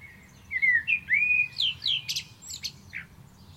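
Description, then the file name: Common blackbird song phrase: a run of fluty, warbling whistles, then a scratchy high twitter and one last short whistle. "Turdus merula"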